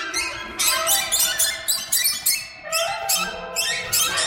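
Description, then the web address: Birds calling together, sharp squeaky notes coming in quick bursts over a constant background chatter. "soundfactory birds"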